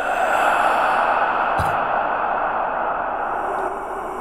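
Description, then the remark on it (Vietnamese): A steady, breathy hiss of airy breathing coming from within a cloud of dust drones on throughout, cold and hollow, with a soft thud-like click partway through and no talking. “Từ trong đám bụi, một âm thanh vang ra nghe như là hơi thở.”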